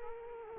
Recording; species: mosquito wingbeat signal from an infrared sensor; Culex quinquefasciatus